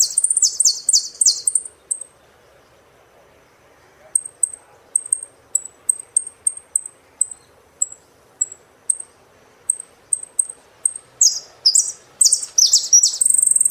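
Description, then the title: Saffron finch song: a burst of high slurred phrases, then a long run of thin single chips, ending in another fast phrase. "Jilguero Argentino"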